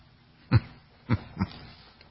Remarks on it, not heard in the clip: I don't know why I have a cough, unless it has something to do with the medication I'm taking. But I do have a cough, and, well, it's sort of exasperating.